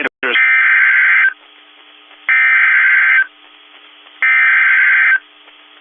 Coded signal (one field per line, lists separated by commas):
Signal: Emergency Alert System (SAME) tones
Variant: header bursts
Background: speech